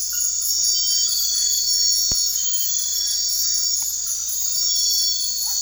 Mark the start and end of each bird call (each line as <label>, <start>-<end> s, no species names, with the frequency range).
bird call (0.5-2.2 kHz), 5.41-5.58 s